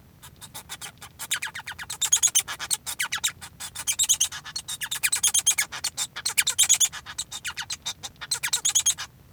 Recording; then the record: song of a male Bengalese finch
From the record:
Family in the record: son of father 1